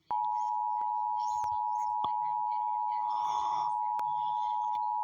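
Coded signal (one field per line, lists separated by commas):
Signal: Emergency Alert System (SAME) tones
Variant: 853 and 960 Hz attention tone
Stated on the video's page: Fictional EAS scenario about fog.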